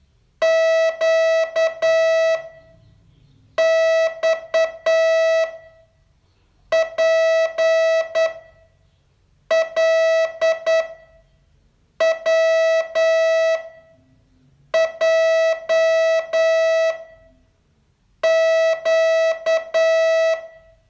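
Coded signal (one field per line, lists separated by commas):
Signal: Morse code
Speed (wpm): 9 wpm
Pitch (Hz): 650 Hz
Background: none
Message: Q X P L W J Q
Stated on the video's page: Morse training lesson, day 31 of a 42-day course.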